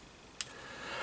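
The metal catch, screwed to the ABS plastic cover of the spare-blade storage compartment in a Sheffield S067220 utility knife handle, snaps shut as the compartment is closed. A single sharp, bright click sounds at 0.4 s against a quiet background, and the catch engages with a positive click, holding the cover seated.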